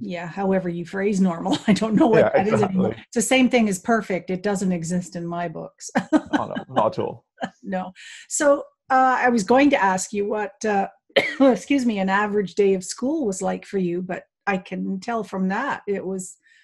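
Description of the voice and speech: Fluent conversational speech between adults in a small room, with an even rhythm, natural pauses and no blocks or repetitions.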